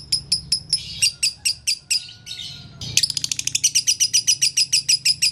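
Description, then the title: Lovebird chattering song: rapid, very high, sharp chirps repeated in quick pulses, with a brief burst of denser twittering midway before the steady chirping resumes. Lovebird tutor recording in the konslet song style, used to train other lovebirds. "Masteran Lovebird Konslet"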